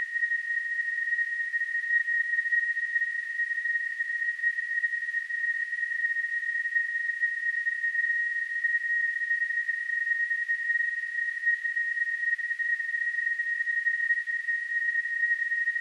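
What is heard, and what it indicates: Steady, unbroken high-pitched tone with a faint hiss above it, simulating the ringing of tinnitus.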